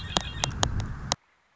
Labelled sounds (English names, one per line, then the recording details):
Red-winged Blackbird
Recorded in Sonoma County, California